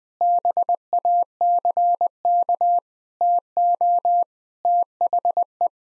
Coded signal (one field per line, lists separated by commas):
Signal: Morse code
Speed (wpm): 21 wpm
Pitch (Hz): 700 Hz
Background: none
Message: BACK TO THE